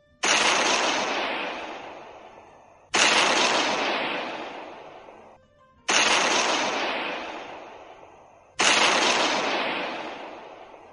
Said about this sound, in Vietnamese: Những tiếng nổ liên tục lại vang lên, thuốc nổ giấu trong đèn lồng tiếp tục nổ tung, sóng công kích ép ra tầng tầng khói bụi,